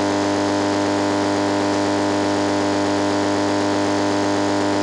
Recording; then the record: brain microelectrode recording played as sound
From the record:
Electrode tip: outside the subthalamic nucleus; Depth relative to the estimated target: -6 mm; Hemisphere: left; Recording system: NeuroSet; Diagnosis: Parkinson's disease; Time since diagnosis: 9 years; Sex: male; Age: 61 years